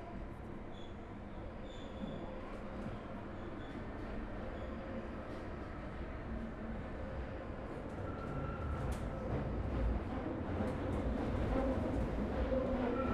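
An empty Underground train runs with a dense, steady low rumble and rattle that builds slightly louder after about eight seconds. Faint squeals and brief clicks from the wheels and carriage flicker above the roar, a little more often toward the end.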